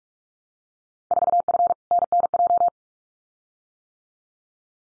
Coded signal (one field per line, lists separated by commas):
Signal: Morse code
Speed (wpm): 46 wpm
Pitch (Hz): 700 Hz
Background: none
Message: 4F NNJ